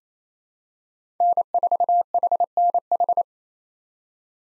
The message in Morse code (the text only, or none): N4HNH